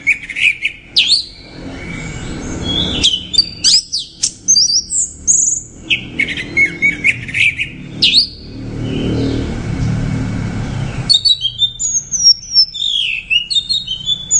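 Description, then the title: Orange-headed thrush song of varied squeaky whistles and quick chirping notes in bursts, with a low rumble between phrases. "Anis Merah"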